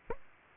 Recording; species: mosquito wingbeat signal from an infrared sensor; Aedes aegypti